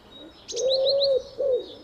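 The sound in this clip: Bird giving a low, steady cooing note of about two-thirds of a second, followed by a shorter second note, with faint high chirps above.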